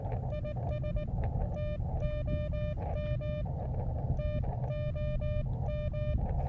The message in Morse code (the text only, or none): IS TOM TOM